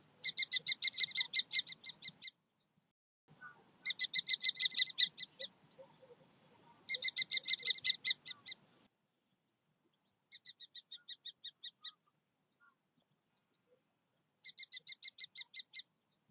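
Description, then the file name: Common kestrel calling: shrill, rapid kee-kee-kee series in bursts of one to two seconds, five bursts in all, the last two softer, with faint low rustling beneath the first three. "gheppio"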